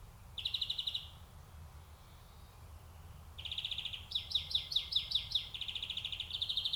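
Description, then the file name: European greenfinch song: a short trill, a pause, then trills running into louder repeated twittering notes and more trilling. "Chloris chloris"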